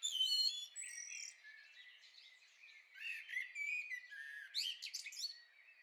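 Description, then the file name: Common blackbird with a high, thin song of whistled and twittering notes, loudest at the start, then a second burst of chirps and squeaks. "Turdus merula"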